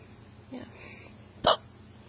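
A faint, brief voiced sound comes first, then a single sharp, abrupt burst lasting about a tenth of a second: one hiccup from an adult. A quiet low hum sits in the background.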